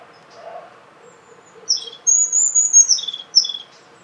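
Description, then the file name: European crested tit call: a high, thin trilled phrase with a few sharp notes on either side, over faint low background noise. "bubus cinege hangja"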